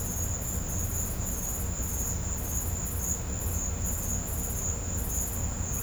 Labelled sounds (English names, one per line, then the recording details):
none
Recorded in pastures near Puerto Asís, Putumayo, Colombia, on 18 December 2024 at 15:00
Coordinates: 0.502, -76.324
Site G077